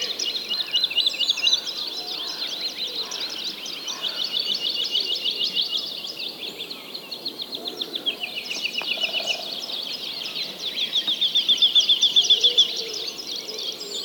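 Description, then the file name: Many birds singing: continuous high twittering with fast repeated trill bursts, louder toward the end. Many birds singing together. "Digiffects Sound Effects Library - Many Birds Singing"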